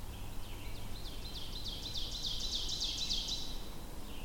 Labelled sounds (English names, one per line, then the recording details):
Ovenbird song
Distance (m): 70 m
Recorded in boreal forest in Alberta, Canada, on 22 June 2016 at 06:22
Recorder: SongMeter 3, array SBT-6-76
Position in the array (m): 275 m, 90 m
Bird 1